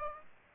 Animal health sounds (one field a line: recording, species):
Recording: mosquito wingbeat signal from an infrared sensor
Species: Aedes aegypti